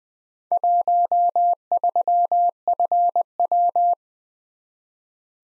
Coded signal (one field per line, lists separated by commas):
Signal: Morse code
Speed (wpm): 20 wpm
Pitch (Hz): 700 Hz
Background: none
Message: 13FW